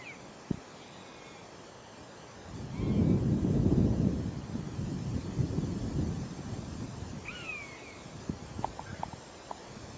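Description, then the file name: Common buzzard with a descending mewing call late, a faint earlier mew, and a loud gust of wind rumbling through the middle. South Tyne, 16 July 2003. "cbuzz south tyne 16 july 2003"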